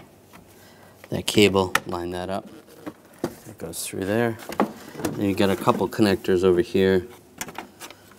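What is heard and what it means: While replacing the door lock switch on a 1998–2010 Volkswagen Beetle, a plastic wiring connector is handled by hand toward its mating plug on the door lock switch assembly as someone talks, with a few brief sharp handling noises. The connector has not yet snapped in or seated by the end of the clip.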